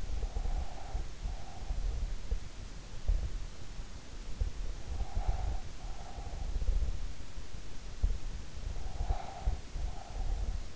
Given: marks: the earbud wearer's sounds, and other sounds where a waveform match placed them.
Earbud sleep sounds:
sounds in sleep by an in-ear microphone; breath
0.00-2.26 s: breath
4.65-7.08 s: breath
8.82-10.76 s: breath

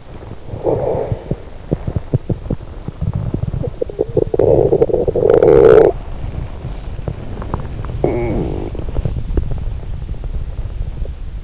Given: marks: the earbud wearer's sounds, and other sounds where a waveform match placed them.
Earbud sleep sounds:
sounds in sleep by an in-ear microphone; swallowing, snoring breath, teeth grinding, body movement, talking in sleep
0.00-0.47 s: swallowing
0.66-1.28 s: snoring breath
1.51-5.82 s: teeth grinding
3.78-11.44 s: body movement
6.99-7.90 s: teeth grinding
8.05-9.05 s: talking in sleep
9.34-11.14 s: teeth grinding

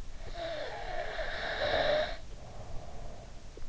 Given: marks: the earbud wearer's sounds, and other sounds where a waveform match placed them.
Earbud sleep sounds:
sounds in sleep by an in-ear microphone; breath
0.24-3.64 s: breath

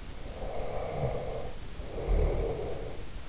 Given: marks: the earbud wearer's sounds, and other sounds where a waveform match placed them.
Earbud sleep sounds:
sounds in sleep by an in-ear microphone; snoring breath
0.16-3.22 s: snoring breath

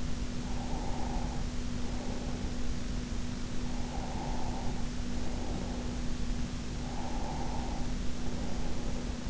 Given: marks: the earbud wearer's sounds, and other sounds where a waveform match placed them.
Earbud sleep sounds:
sounds in sleep by an in-ear microphone; breath
0.15-2.73 s: breath
3.41-6.21 s: breath
6.50-9.30 s: breath

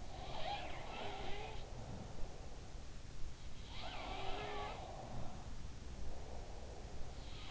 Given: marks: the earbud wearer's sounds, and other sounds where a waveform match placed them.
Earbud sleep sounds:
sounds in sleep by an in-ear microphone; breath
0.01-2.90 s: breath
0.20-2.74 s: sound from someone else or the room
3.48-7.51 s: sound from someone else or the room
3.74-7.51 s: breath

